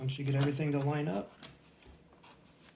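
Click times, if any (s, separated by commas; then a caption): 2.7 s. Someone talks as a new Chevy MyLink 7" LA070WV1 touch screen panel, for the Trax, Sonic, Spark and Aveo radio, is lined up with the two rear tabs and pressed into the plastic radio display housing. After a quiet stretch, a single short click at 2.7 s marks the touch screen assembly snapping into the housing and seating.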